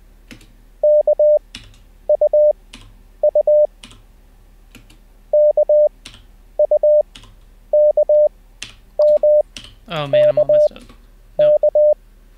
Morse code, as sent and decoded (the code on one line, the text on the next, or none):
-.- ..- ..- / -.- ..- -.- -- -.- -.-
KUU KUKMKK